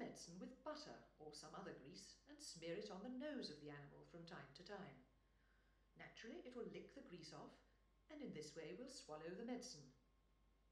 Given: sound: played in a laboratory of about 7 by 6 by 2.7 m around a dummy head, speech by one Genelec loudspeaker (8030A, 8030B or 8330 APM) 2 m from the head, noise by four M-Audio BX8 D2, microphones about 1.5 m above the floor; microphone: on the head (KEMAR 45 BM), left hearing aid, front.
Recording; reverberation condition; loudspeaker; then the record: female speech in English; medium; 90 degrees to the left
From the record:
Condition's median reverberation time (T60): about 510 ms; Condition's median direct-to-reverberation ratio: about -0.5 dB